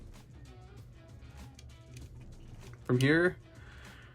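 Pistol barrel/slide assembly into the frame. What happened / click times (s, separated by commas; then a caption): The metal assembly is handled but has not clicked home / none. During reassembly of a SCCY CPX compact pistol, the metal barrel and slide assembly is lined up with the frame and handled under slight finger pressure while someone talks, with faint handling ticks at about 1.6, 2.0 and 2.7 seconds. Nothing has seated or clicked into place yet.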